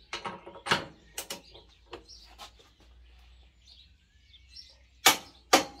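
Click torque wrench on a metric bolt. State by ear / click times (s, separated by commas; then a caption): torque reached / 5.1 s. A click-type torque wrench set to 700 Nm checks the next metric bolt, with a few short knocks and faint chirps in the first seconds. The wrench clicks sharply at 5.1 s, with another sharp click at 5.5 s, confirming this bolt is also at 700 Nm.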